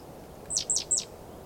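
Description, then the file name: Great tit calling a rapid run of three high, thin notes, each dropping sharply in pitch, with soft background noise. "Parus major"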